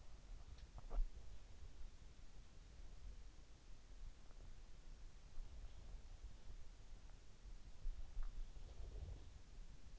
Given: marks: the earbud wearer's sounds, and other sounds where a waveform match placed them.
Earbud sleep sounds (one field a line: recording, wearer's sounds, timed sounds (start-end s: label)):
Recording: sounds in sleep by an in-ear microphone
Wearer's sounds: body movement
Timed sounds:
0.00-1.90 s: body movement
8.17-9.99 s: body movement